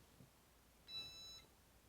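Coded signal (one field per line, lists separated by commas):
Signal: beep code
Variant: Weiser PowerBolt keypad lock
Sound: one half-second high electronic beep, then quiet room tone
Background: quiet room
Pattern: 1 long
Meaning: One long beep confirms the user code was programmed successfully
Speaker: One long beep, successful.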